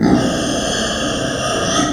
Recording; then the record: squeal of a Yucatan mini pig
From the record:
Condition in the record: before surgery on the right vocal fold (resection and tissue-engineered implant); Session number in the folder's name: 3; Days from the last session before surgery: 0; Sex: female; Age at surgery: 19 weeks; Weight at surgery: 25 kg